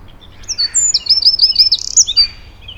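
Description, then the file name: Eurasian wren song: a loud, rapid run of very high, sharp trilled and warbled notes lasting about two seconds, with no other clear sounds. "Troglodytes troglodytes"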